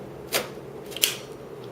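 A hard-drive caddy is pushed back into a front hot-swap bay of a server chassis until it seats. After a brief scrape around 0.4 s, its latch clicks at about 1.0 s and again at 1.0 s, the second click the sharper and louder. No one speaks.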